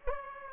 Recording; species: mosquito wingbeat signal from an infrared sensor; Aedes aegypti